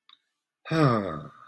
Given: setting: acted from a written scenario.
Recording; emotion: vocal sound without words; serenity